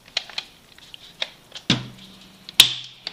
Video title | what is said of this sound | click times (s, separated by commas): [REVIEW] Nerf N Strike Elite Longshot CS-6 Unboxing, Review and Firing Test (Nerf Longshot CS-6) | there we go You Hear The Click it's loud enough | 2.6 s